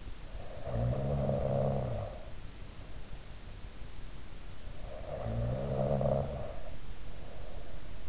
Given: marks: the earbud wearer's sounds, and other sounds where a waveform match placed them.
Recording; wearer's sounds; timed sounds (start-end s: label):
sounds in sleep by an in-ear microphone; snoring breath
0.20-2.38 s: snoring breath
4.83-8.09 s: snoring breath